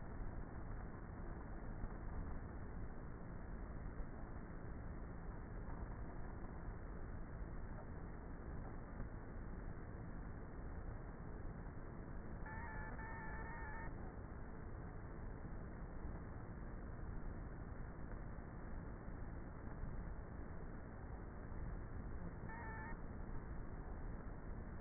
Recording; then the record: honeybee colony, microphone inside the hive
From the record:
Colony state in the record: queenless with a low population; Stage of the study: before two queens were removed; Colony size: about 30,000 bees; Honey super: no